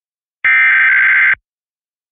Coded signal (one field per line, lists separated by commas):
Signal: Emergency Alert System (SAME) tones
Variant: header bursts